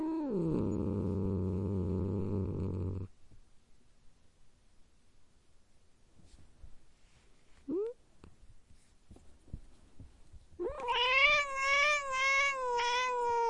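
Domestic cat growling low and drawn out with a falling pitch, then quiet apart from a brief call, then a loud wavering yowl held to the end.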